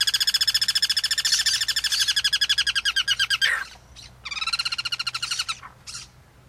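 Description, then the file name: Guira cuckoo producing a rapid, grating rattle of evenly pulsed notes that fades, stops, then starts again in a shorter burst ending with a single harsh note. Recorded in the Pantanal. "Anu Branco"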